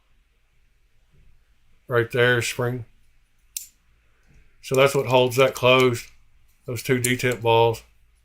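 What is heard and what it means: A ferro rod is handled at its holder, which grips it with two spring-loaded detent balls, while someone talks in short bursts with quiet pauses between. The rod has not been pushed home yet; nothing has seated or clicked into the holder.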